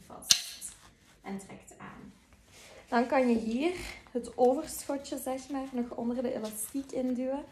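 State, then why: Seated. The plastic side-release waist belt buckle of a baby carrier clicks shut at 0.3 s, after the waistband is folded over once and positioned at the waist just under the chest. The sharp click is followed by a soft rustle of the strap being pulled tight, and then someone talks.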